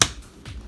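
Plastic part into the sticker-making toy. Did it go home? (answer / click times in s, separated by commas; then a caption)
yes / 0.0 s. A plastic part of a Crayola jelly sticker maker toy is pressed into the machine and snaps into place with a sharp click at 0.0 s. A softer knock follows at about 0.5 s, and the part is confirmed seated.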